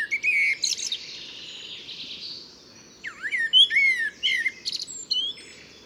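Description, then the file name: Eurasian blackbird singing high, scratchy twittered phrases, then a run of quick swooping and slurred squeaky notes after a short pause. "Turdus merula"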